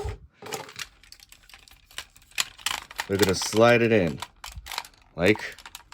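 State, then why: Not seated. A plastic combining part from a transforming robot toy is being slid along a black rail. Someone talks over soft, sharp plastic handling ticks and scrapes. Nothing has seated or clicked yet.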